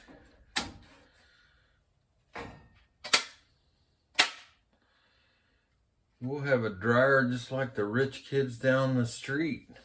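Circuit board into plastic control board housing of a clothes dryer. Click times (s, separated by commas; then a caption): 0.6 s, 3.1 s, 4.2 s. The repaired main control circuit board of a Whirlpool Duet clothes dryer, fixed with a relay replacement for F70 and F01 errors, is pressed back into its plastic control housing with its small edge tabs tucked under the retaining lips. Sharp plastic snaps ring out at 0.6, 3.1 and 4.2 seconds, with softer knocks between them, as the clips catch and the board seats. Someone then talks from about 6.2 seconds.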